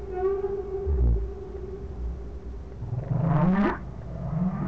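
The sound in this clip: Whale calls: a held tone, then a short sweep rising steeply in pitch, over a low rumble.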